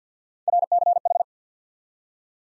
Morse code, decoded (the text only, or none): RCH